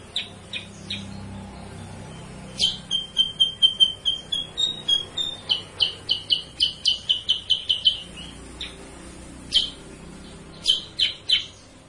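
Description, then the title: Sooty-headed bulbul song: a few scattered chips, then a long, fast train of high, ringing notes, followed by sparse single chirps. Masteran, a training recording for cage birds; used as a lure sound (suara pancingan). "Masteran Kutilang Sutra. suara pancingan kutilang sutra"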